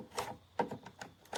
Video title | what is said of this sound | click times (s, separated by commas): Avis sur la CHIGEE AIO-5 Lite Système de navigation GPS automatique pour moto Carplay, BSD, STARVIS | Clicks into place. | 0.6 s